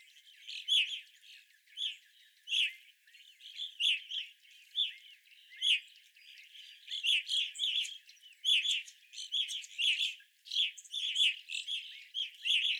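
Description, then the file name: Evening grosbeak calls, loud chirps starting sparse and building into a dense overlapping chatter from several birds toward the end. Several birds, recorded 25 April 2021. "2021-04-25 Evening Grosbeaks"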